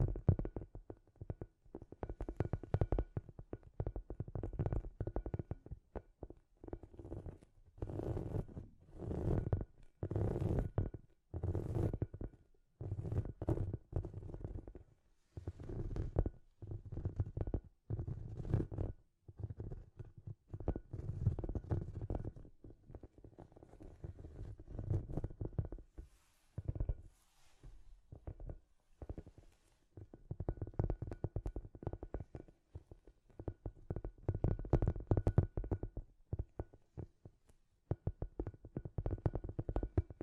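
Scratchy tapping in irregular bursts, dense rough strokes with low thuds, pausing briefly around 15 and 25 seconds before continuing throughout.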